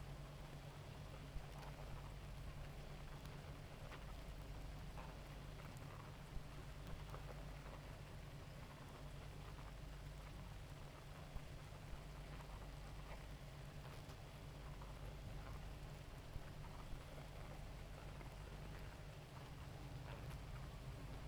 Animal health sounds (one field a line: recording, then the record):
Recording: honeybee colony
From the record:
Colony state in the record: active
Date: 28 July 2017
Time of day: 2:54